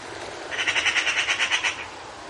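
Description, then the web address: Eurasian magpie chattering in a single short, rasping rattle of quick, evenly spaced harsh notes lasting just over a second. "european magpie"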